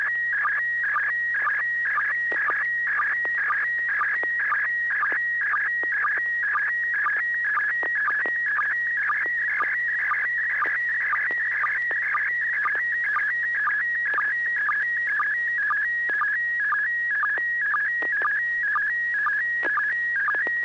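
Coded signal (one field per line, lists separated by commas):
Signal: SSTV (slow-scan television)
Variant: PD120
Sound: warbling, chirping tone with a steady rhythmic tick about twice a second throughout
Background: low steady hum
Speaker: Bob are you ready to send a picture oh sure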